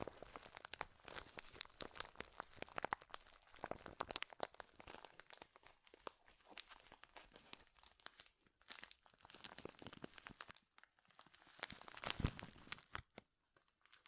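Dense, crackling crinkles of crumpled material come in uneven bursts, with short lulls near four, nine and eleven seconds and a loud crunch around twelve.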